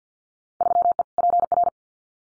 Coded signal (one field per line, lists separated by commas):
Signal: Morse code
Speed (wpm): 50 wpm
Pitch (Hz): 700 Hz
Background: none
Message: 3E PR